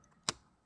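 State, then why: Released. The small red locking clip on a fuel injector electrical connector is pulled up by hand and snaps open with one sharp click at 0.3 s. This releases the lock before the connector is squeezed and pulled off. The job is an E85 kit install on a Dodge Challenger/Charger Scat Pack, and there is only faint background noise around the snap.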